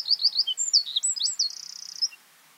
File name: Troglodytes troglodytes